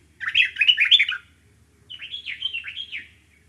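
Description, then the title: Dark-capped bulbul with two chattering, warbled phrases, a loud harsh burst followed after a pause by a softer bubbly phrase. Okavango. "intotheokavango dark capped bulbul"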